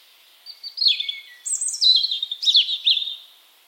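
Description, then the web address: European robin singing a varied phrase: a falling trill, a high thin whistle, then bright notes stepping down in quick succession. "Deverinetal 2025 File origin Bird Only Er Ru"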